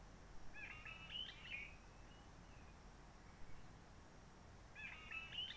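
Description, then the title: Réunion bulbul song: two short warbling phrases of mixed whistles and chatter about four seconds apart, over low background hiss. Roche Merveilleuse, Réunion; forest quiet since the 19 March 2020 lockdown, no hikers, microlights or helicopters; sunny blue sky; birds not very active; song simpler, short phrases, adapted to past aircraft noise. "Roche Merveilleuse, Réunion - Merle de lîle de la Réunion."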